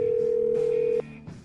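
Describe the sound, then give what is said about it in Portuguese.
A steady, pure telephone ringback tone from a call dialed to a politician holds one mid-low pitch for about a second, then cuts off abruptly, leaving faint background noise with a soft click. “O telefone tá chamando, vamos lá.”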